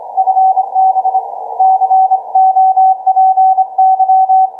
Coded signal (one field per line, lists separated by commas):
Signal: Morse code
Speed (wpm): 26 wpm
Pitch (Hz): 760 Hz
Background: none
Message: FB COPY